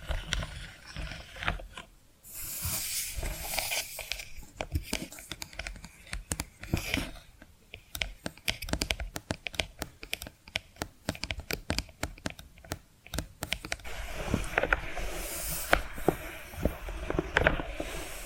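Dense tapping and scratching sounds, a rapid run of sharp clicks and taps with rough scraping strokes between them. The pace stays busy throughout, with brief lulls near 2 and 7 seconds, and a brighter, hissier scratching stretch after about 14 seconds.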